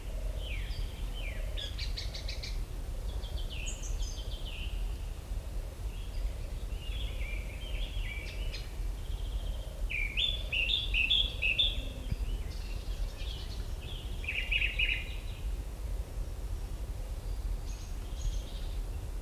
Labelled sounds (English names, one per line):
Song Thrush song